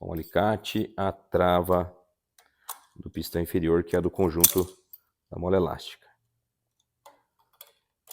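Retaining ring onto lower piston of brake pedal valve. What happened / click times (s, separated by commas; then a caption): The ring is being handled and has not yet snapped into place / none. Someone talks while fitting the steel retaining clip onto the lower piston of a Knorr brake pedal valve's spring assembly with snap-ring pliers. Faint short metallic ticks are heard between and after the speech, around 2.4 s, 2.7 s, 7.6 s and 8.1 s. Nothing has seated or clicked yet.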